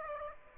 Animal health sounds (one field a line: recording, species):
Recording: mosquito wingbeat signal from an infrared sensor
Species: Aedes aegypti